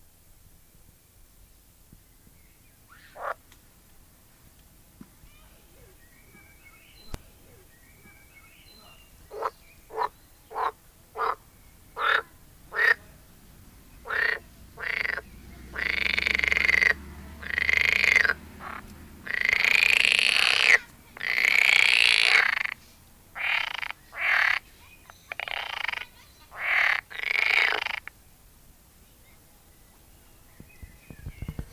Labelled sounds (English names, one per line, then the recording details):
Edible Frog
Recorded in the wild
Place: Lübars, Benekendorffstraße, Berlin, DE
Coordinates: 52.6167, 13.3469
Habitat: Gartenteich
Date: 2000-04-30 12:12
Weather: heiter, 24°C
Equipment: Nagra SN, Kopie Uher 4000 Report Monitor
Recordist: Tembrock, Günter